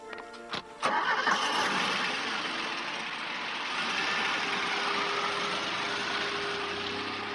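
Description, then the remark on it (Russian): A person gets into a car; its engine cranks and catches after a couple of sharp clicks, then settles into a steady, loud rumbling idle that holds to the end. No one speaks. “садится в машину.”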